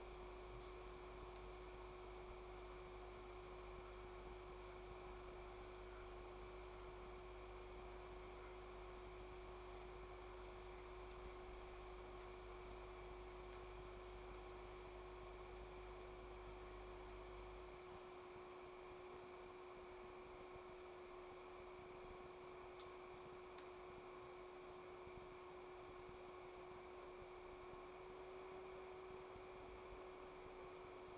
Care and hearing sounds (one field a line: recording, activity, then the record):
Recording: daily activity, microphone in the room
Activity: make coffee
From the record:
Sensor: 1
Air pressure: 1014.7 hPa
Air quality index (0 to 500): 189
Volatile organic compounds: 26 ppm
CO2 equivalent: 2858 ppm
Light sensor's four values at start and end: 4/10/3/3 and 4/10/3/3